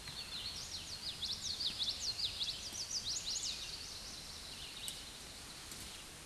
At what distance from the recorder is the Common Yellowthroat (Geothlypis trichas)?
about 15 m